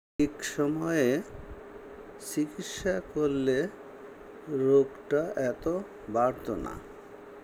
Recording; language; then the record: elicited speech; Bengali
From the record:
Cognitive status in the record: dementia